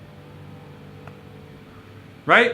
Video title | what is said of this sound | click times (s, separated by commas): Facebook Live basics | and just plug it in till you hear it click. | 1.1 s